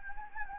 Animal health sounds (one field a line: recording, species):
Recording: mosquito wingbeat signal from an infrared sensor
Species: Anopheles gambiae